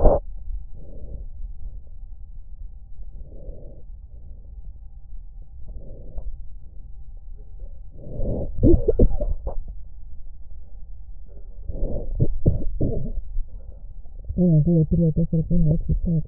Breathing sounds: lung sounds by stethoscope; left posterior basal chest; quiet breathing, then cough and speech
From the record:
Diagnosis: interstitial lung disease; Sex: female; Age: 70 years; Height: 160 cm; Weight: 93 kg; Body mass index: 36.3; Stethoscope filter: extended mode

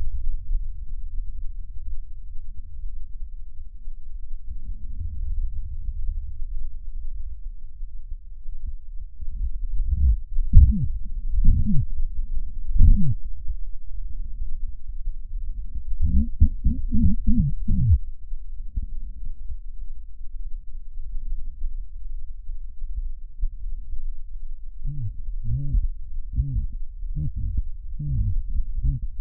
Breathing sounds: lung sounds by stethoscope; left anterior apical chest; quiet breathing, then cough and speech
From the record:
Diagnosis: COPD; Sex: male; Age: 70 years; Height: 170 cm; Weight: 74 kg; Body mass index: 25.6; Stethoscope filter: bell mode

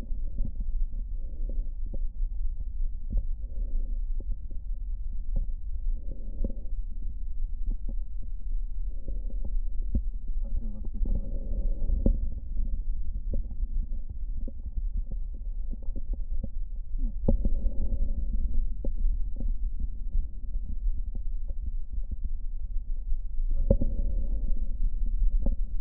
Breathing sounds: lung sounds by stethoscope; right posterior apical chest; quiet breathing, then deep breathing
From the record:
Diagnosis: COPD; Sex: female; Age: 68 years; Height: 150 cm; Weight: 70 kg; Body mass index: 31.1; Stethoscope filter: diaphragm mode

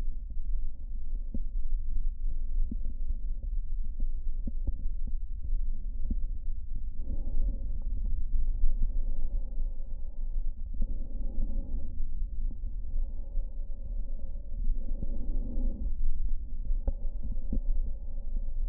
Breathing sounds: lung sounds by stethoscope; left anterior apical chest; quiet breathing, then deep breathing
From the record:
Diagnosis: asthma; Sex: female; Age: 74 years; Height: 155 cm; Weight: 63 kg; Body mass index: 26.2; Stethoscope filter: diaphragm mode

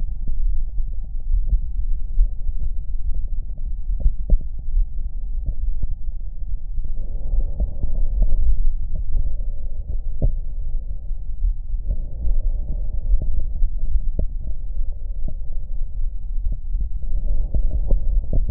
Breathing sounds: lung sounds by stethoscope; left anterior apical chest; quiet breathing, then deep breathing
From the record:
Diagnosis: interstitial lung disease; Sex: male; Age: 66 years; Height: 164 cm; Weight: 76.2 kg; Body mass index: 28.3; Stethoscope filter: extended mode

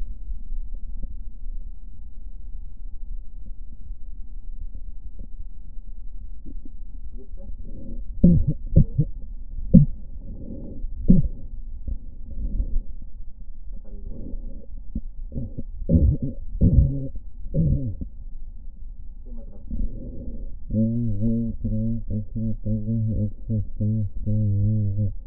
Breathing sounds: lung sounds by stethoscope; left posterior basal chest; quiet breathing, then cough and speech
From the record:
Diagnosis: none (healthy); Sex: male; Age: 35 years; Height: 186 cm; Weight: 108 kg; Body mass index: 31.2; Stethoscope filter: diaphragm mode

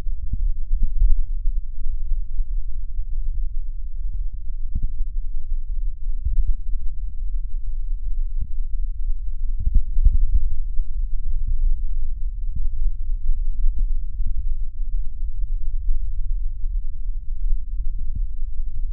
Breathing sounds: lung sounds by stethoscope; left posterior basal chest; quiet breathing, then deep breathing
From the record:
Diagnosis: COPD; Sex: male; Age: 85 years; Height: 183 cm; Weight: 88 kg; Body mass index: 26.3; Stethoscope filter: bell mode

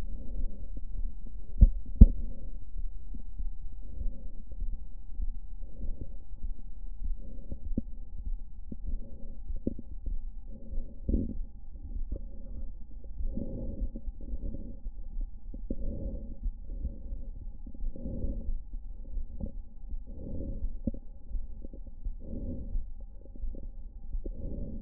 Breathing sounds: lung sounds by stethoscope; left anterior apical chest; quiet breathing, then deep breathing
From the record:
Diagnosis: interstitial lung disease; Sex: female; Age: 68 years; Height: 152 cm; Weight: 76 kg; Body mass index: 32.9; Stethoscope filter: diaphragm mode

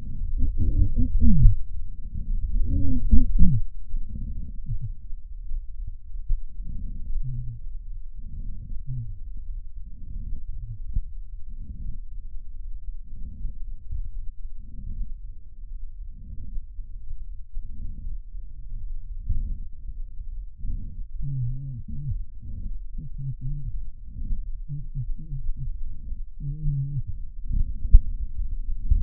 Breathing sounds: lung sounds by stethoscope; left posterior basal chest; quiet breathing, then cough and speech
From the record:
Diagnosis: interstitial lung disease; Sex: male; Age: 72 years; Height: 167 cm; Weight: 74 kg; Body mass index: 26.5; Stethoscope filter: bell mode

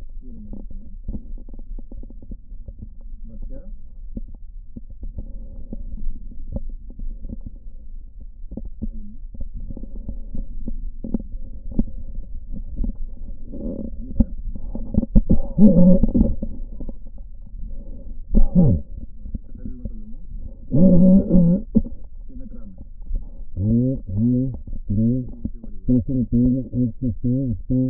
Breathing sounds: lung sounds by stethoscope; right posterior apical chest; quiet breathing, then cough and speech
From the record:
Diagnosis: pulmonary infection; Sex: male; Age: 54 years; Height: 187 cm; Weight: 95 kg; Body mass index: 27.2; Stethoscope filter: diaphragm mode

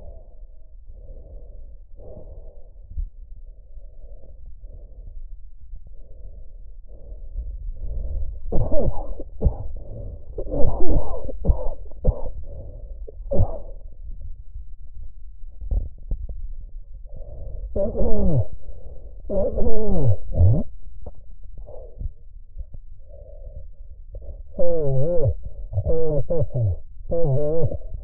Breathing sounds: lung sounds by stethoscope; trachea; quiet breathing, then cough and speech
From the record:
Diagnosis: COPD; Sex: male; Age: 75 years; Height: 182 cm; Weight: 98 kg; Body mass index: 29.6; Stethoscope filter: extended mode

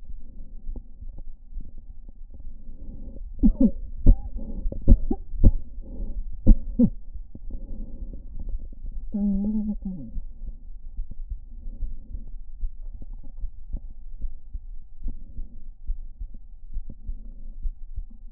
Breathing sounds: lung sounds by stethoscope; left anterior apical chest; quiet breathing, then cough and speech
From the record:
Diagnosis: interstitial lung disease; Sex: female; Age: 60 years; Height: 154 cm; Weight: 68.1 kg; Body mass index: 28.7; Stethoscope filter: diaphragm mode

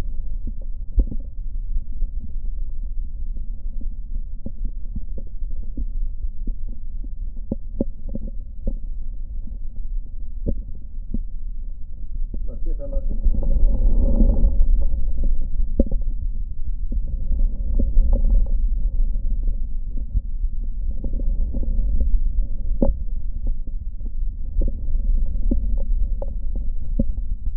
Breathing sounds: lung sounds by stethoscope; right posterior basal chest; quiet breathing, then deep breathing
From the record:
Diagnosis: pulmonary infection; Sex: male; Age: 74 years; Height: 171 cm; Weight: 80 kg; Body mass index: 27.4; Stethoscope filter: diaphragm mode

